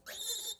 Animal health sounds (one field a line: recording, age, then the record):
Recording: pig call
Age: piglet (1 to 25 days)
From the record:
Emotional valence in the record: negative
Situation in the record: restrain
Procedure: back test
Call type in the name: high-frequency call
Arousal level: maximum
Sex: female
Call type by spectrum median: high-frequency call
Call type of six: high-frequency stable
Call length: 0.60 s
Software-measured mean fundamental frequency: 283 Hz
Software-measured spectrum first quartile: 3531 Hz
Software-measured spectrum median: 5668 Hz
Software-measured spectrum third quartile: 8578 Hz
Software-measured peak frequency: 3624 Hz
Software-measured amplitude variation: 155 dB a second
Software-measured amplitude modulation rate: 16.7 a second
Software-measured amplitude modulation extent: 9.3 dB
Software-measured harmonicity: 7.5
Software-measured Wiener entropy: -2.55